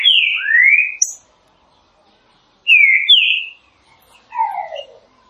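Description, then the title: Green-winged saltator song: loud, clear whistled phrases, the first slurring down then up, then a pause and another phrase, ending with a softer falling note. Classic song style used for training birds. "Canto Clássico Trinca Ferro TREINAMENTO"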